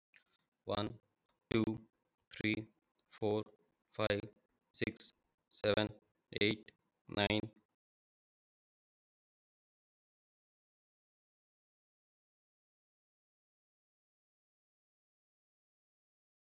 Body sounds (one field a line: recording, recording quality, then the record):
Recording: counting at a normal pace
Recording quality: excellent, no background noise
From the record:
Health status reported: healthy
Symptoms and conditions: diabetes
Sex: male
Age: 39 years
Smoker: not ticked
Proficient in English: yes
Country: India